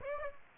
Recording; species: mosquito wingbeat signal from an infrared sensor; Aedes aegypti